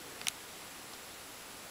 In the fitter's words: I just need to feel like the field a little click as it goes in so that way I know it's actually in there